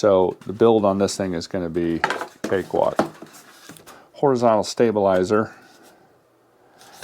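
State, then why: Seated. Someone talks while the horizontal stabilizer of an FMS Cessna 182 1.5 m RC plane is pushed onto the tail by hand, without tools. After the talking stops there is a quiet stretch, then a sharp click at 7.0 s as the stabilizer snaps into place and seats.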